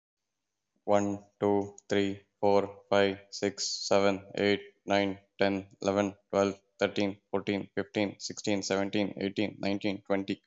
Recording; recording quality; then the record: counting at a normal pace; excellent, no background noise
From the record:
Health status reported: COVID-19 positive, mild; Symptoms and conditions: fever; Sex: male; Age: 40 years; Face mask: not worn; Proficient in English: no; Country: India